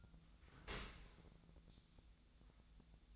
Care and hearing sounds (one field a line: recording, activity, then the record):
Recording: daily activity, microphone in the room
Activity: open dishwasher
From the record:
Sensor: 3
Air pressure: 1000.5 hPa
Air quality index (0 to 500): 174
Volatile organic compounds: 3 ppm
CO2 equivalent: 1507 ppm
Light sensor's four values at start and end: 14/38/15/17 and 14/38/15/17